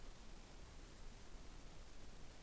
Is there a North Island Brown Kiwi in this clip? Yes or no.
no